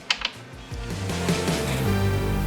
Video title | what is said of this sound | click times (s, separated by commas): How to build & tune the Ventus One! #unboxing | swap that through line up those pins you'll feel it kind of Click into place and | 0.1 s